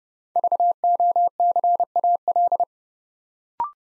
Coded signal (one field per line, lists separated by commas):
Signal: Morse code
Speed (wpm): 28 wpm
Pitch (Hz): 700 Hz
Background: none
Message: VOCAL